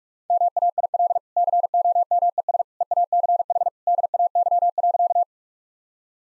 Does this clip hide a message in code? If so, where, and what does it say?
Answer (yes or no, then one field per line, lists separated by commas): yes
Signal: Morse code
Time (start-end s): 0.3-5.2 s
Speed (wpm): 46 wpm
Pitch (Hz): 700 Hz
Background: none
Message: MAIL COMES EACH DAY.